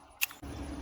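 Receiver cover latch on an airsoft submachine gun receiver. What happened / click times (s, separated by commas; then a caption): The receiver cover latch snapped open / 0.2 s. Pressing the back of the metal receiver on an S&T PPSh-41 airsoft submachine gun and lifting the cover, to reach the gearbox's quick-change spring, releases the receiver cover latch with a sharp, bright click at 0.2 s, followed by a softer tick at 0.3 s. After a brief gap, a steady low background noise continues to the end as the latch sits popped open.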